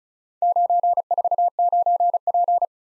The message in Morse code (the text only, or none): 949P